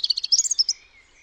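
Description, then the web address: European robin singing a short, high, rapidly repeated twittering phrase that ends with a thin, fading whistle. "Deverinetal 2025 File origin Bird Only Er Ru"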